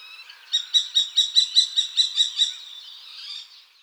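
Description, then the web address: Common kestrel giving one quick run of about ten shrill, evenly spaced kee notes. Recorded in Valsolda. "cibra valsolda. Gheppio"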